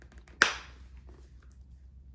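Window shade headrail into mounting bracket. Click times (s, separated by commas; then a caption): 0.4 s. An Allen + Roth cellular shade headrail is hooked onto the front of a metal mounting bracket and rotated down. It snaps into place with a single sharp, loud snap at 0.4 s, followed by a short fading tail and only faint low background noise after. The headrail is seated in the bracket.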